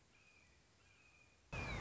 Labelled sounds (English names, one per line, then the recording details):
Red-shouldered Hawk
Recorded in Sonoma County, California